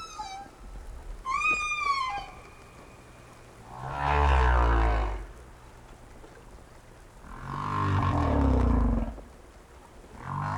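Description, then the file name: Whale calls: a bright harmonic whistle, then two long low groaning calls a few seconds apart, with a constant low hum. "tower whales"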